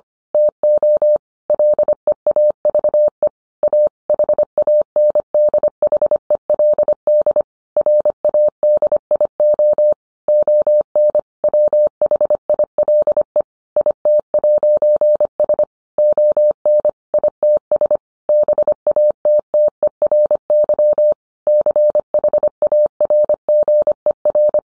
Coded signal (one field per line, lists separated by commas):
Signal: Morse code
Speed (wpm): 25 wpm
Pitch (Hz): 600 Hz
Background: none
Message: TO LEAVE A HANDHELD RADIO ON WHILE IT'S ON ITS BATTERY CHARGER